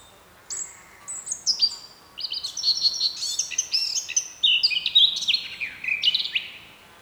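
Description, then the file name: Eurasian blackcap singing a rapid, varied warble of chattering and clear, fluty whistled notes. "Sylvia atricapilla"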